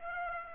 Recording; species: mosquito wingbeat signal from an infrared sensor; Aedes aegypti